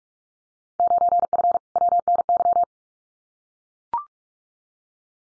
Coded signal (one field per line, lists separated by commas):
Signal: Morse code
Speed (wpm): 44 wpm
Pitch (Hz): 700 Hz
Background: none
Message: 9F WNY